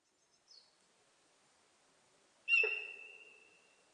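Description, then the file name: Sika deer whistle call: a faint high note at first, then one loud, sudden, steady whistle that holds level and slowly fades. Recorded in Japan on 4 November 2006. "061104 nihonjika"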